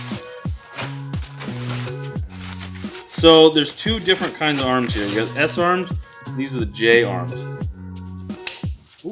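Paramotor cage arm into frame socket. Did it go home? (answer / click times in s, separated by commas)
yes / 8.5 s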